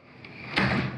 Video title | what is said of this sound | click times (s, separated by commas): Noisy Squeaky Garage Door easy fix with some lubrication in The Villages Florida with Rusty Nelson. | and it clicks right in and that's what the release is like that | 0.6 s